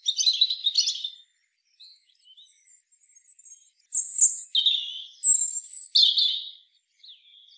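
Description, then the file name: European robin singing thin, high, tumbling phrases with sparkling trills, broken by short quiet gaps and soft faint notes, closing on a soft high note. "Erithacus rubecula"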